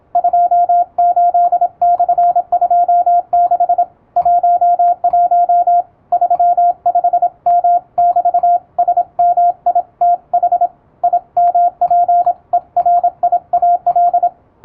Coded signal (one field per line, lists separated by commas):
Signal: Morse code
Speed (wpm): 26 wpm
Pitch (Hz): 700 Hz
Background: radio noise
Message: 28/26 11 35M<BT>SMITH IMPERIAL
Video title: モールス信号を打ってみた！エレキーを使うと高速でモールスが打てます！欧文モールス符号を欧文練習帳で打ってみました、YouTubeの再生速度を調整して聴いてみよう morse code practice